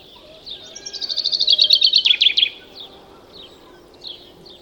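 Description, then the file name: Common chaffinch singing one phrase, a rattling run of high notes that drops into a few lower notes at the end, followed by faint scattered chirps. "Fringilla coelebs"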